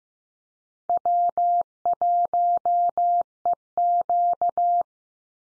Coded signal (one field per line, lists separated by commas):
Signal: Morse code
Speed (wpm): 15 wpm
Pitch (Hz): 700 Hz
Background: none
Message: W1EQ